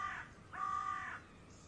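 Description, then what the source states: Bird calls: a short hoarse caw followed by a longer, drawn-out harsh caw, with quiet background noise. Recorded in the early morning by the sea.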